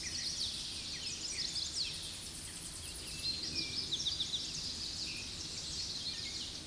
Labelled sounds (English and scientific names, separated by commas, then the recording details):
Eastern Towhee (Pipilo erythrophthalmus) song
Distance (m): 45 m
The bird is about level with the microphone
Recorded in a Pennsylvania forest on 16 May 2024 at 07:50
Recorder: AudioMoth, point MSD-2377
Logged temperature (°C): 16.1 °C
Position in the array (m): 96 m, 157 m